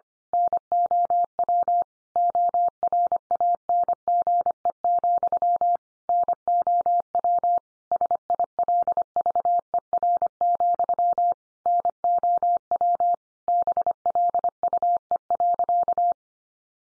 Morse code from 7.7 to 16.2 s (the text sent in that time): SILVER, NOW BLUE.